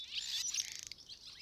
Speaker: Are any birds more conspicuous by their absence than swallows?